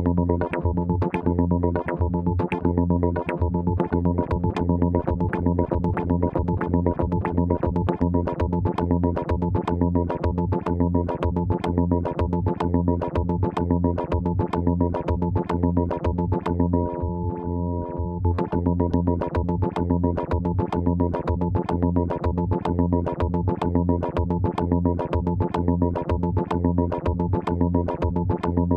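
A synthesized drone holds a stack of steady low tones, dense and sustained, with rapid rhythmic pulses ticking across it throughout. Around seventeen seconds the pulsing briefly thins and the upper tones waver before the pattern resumes unchanged.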